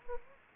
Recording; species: mosquito wingbeat signal from an infrared sensor; Anopheles gambiae